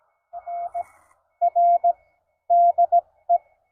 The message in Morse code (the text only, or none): NR DE